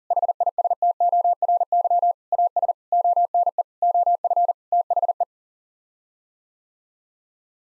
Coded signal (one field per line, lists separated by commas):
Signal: Morse code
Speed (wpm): 40 wpm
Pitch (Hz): 700 Hz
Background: none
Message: HISTORY AS ONE OF THE